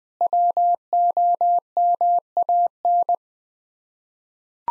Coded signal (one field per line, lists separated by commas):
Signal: Morse code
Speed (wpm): 20 wpm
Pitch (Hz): 700 Hz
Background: none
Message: WOMAN